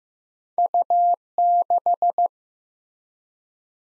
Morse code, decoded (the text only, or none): U6